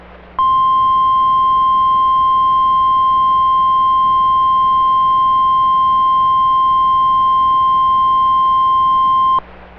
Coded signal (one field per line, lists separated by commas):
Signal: Emergency Alert System (SAME) tones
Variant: 1050 Hz attention tone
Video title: SO...MANY...TORNADO WARNINGS... 🌪 || EAS Alerts from June 5, 2024 (EAS #2,770-2,777)